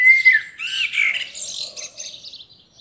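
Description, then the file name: Common blackbird gives a brief whistled note followed by a scratchy twittering chatter that trails off. "Turdus merula"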